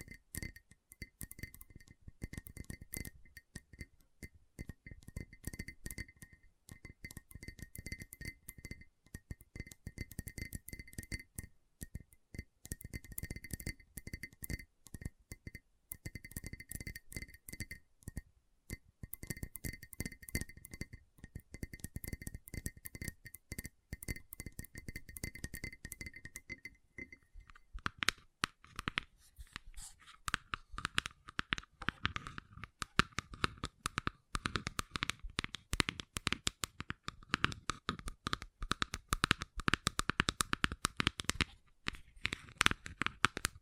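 Gentle tapping goes on steadily throughout, a dense run of quick, light taps with a faint ringing tone near the top in the first half. Around 27 seconds the sound shifts: the taps turn brighter and crisper, with a glassy clink, and grow slightly louder.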